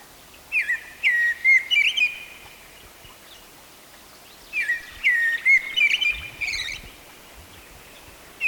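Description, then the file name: Eurasian blackbird song: two phrases about four seconds apart, each made of low, melodious whistles and a closing flourish of high chittering notes. "Turdus merula"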